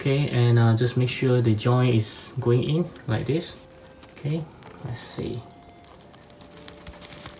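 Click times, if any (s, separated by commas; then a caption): none. A plastic head is being pushed onto the neck ball joint of an SH Figuarts Loki action figure from Marvel Avengers Endgame, with the helm removed first so it doesn't break. Someone talks while faint plastic handling noises are heard. Nothing has seated or clicked yet.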